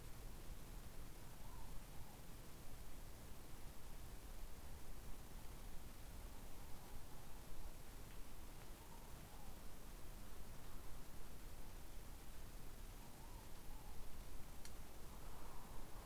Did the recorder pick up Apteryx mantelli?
no